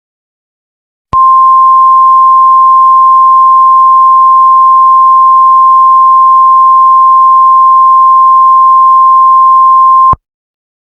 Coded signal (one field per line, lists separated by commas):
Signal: Emergency Alert System (SAME) tones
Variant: 1050 Hz attention tone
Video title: Eas Scenario Godzilla vs. King Kong 1962